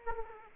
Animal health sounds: mosquito wingbeat signal from an infrared sensor; Aedes aegypti

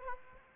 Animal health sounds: mosquito wingbeat signal from an infrared sensor; Aedes aegypti

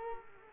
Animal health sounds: mosquito wingbeat signal from an infrared sensor; Culex quinquefasciatus

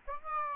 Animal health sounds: mosquito wingbeat signal from an infrared sensor; Aedes albopictus

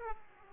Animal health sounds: mosquito wingbeat signal from an infrared sensor; Aedes aegypti

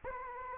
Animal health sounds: mosquito wingbeat signal from an infrared sensor; Anopheles arabiensis

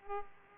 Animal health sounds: mosquito wingbeat signal from an infrared sensor; Aedes aegypti

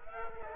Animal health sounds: mosquito wingbeat signal from an infrared sensor; Culex quinquefasciatus

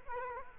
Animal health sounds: mosquito wingbeat signal from an infrared sensor; Culex quinquefasciatus

